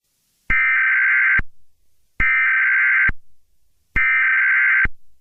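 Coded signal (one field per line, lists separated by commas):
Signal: Emergency Alert System (SAME) tones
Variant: header bursts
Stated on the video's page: Fictional EAS scenario.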